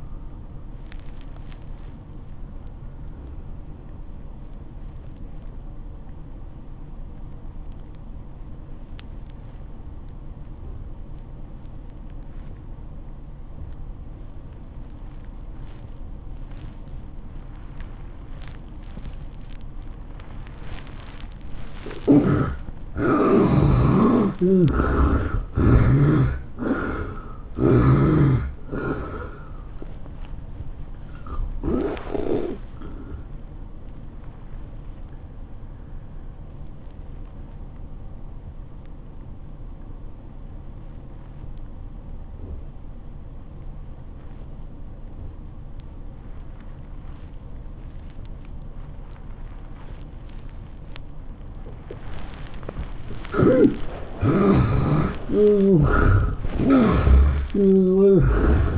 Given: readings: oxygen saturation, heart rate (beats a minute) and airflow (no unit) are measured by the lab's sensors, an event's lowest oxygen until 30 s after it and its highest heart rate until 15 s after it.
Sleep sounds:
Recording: breathing in sleep by a smartphone at the bedside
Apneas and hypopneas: 2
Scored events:
6.00-21.60 s: obstructive apnea (N2, oxygen 96% highest, then 68% lowest, heart rate 94 at the start, 111 highest)
30.00-58.78 s: new sleep stage, N1 (lightest sleep)
35.00-54.30 s: obstructive apnea (N1, oxygen 86% highest, then 70% lowest, heart rate 108 at the start, 112 highest)
From the record:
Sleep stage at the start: N2 (light sleep)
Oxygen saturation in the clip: 68 to 96%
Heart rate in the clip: 80 to 111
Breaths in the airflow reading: 6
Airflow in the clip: -13.0 to 12.5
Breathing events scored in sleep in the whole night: 403 in 5.5 hours asleep

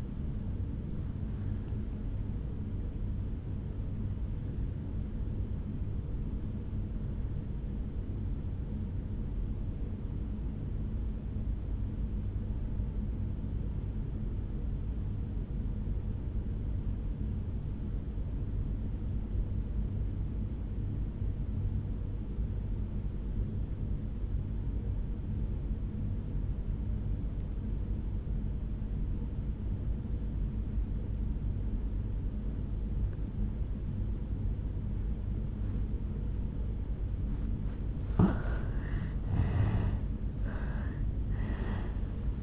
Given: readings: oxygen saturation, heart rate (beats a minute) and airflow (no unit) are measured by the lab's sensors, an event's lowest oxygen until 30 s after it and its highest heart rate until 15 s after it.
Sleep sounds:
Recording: breathing in sleep by a smartphone at the bedside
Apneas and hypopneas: 1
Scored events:
8.00-37.10 s: obstructive apnea (N2, oxygen 97% highest, then 82% lowest, heart rate 56 at the start, 74 highest)
32.00-42.42 s: new sleep stage, N1 (lightest sleep)
From the record:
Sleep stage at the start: N2 (light sleep)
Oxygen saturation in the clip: 81 to 97%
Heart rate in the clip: 54 to 75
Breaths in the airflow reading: 4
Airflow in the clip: -7.1 to 6.6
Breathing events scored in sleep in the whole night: 449 in 7.0 hours asleep

